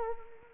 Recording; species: mosquito wingbeat signal from an infrared sensor; Anopheles arabiensis